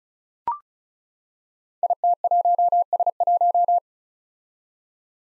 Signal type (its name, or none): Morse code